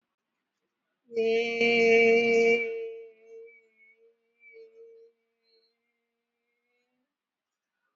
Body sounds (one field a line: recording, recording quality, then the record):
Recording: sustained vowel as in made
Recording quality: excellent, no background noise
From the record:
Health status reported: COVID-19 positive, mild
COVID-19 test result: positive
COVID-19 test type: RT-PCR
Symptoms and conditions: cough, fatigue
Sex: female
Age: 22 years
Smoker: no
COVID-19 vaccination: one dose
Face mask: worn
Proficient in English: yes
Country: India